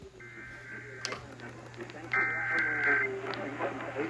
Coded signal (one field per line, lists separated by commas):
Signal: Emergency Alert System (SAME) tones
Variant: header bursts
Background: speech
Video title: (EAS #586) North Carolina Required Monthly EAS Test on WBT-AM (6/7/2021)